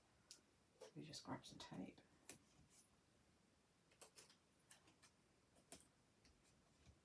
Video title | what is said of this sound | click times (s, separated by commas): Elizabeth Craft Designs - Card Lab Collection : Planner Card Field Notes | then I can slot my dye in and you hear it clicking | 4.0 s, 4.7 s, 5.7 s